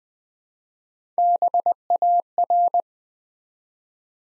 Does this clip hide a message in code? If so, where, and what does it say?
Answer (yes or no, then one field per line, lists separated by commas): yes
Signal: Morse code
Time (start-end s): 1.2-2.8 s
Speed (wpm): 20 wpm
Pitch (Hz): 700 Hz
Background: none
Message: BAR